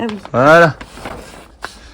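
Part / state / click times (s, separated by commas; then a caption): suspension hanger onto metal ceiling rail / seated / 1.6 s. A further metal suspension hanger is locked onto the metal ceiling rail, seating with a short, sharp click at 1.6 s. Someone talks early in the clip, with quieter handling noise around it.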